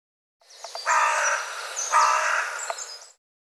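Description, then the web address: Bird harsh calls: two long, rasping, noisy notes in succession, each lasting about a second, in a clean recording. "cianscape birddata Deverinetal 2025 File cleaned normalized Bird"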